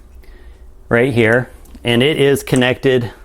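Someone talks while handling a 3D-printed plastic case-feeder adapter beside the spring assembly of a Dillon case feeder converted for a LEE APP reloading press. Only speech and faint low handling noise are heard. The adapter has not yet snapped into the spring assembly; nothing has seated or clicked yet.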